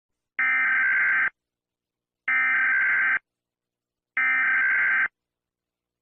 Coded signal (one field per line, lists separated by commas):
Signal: Emergency Alert System (SAME) tones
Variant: header bursts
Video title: EAS FAILURE: Eric has Had Enough!